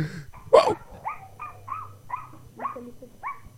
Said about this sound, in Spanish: ¿Viste? Es como ese perro culiado que viene y te ladra en la reja, weón.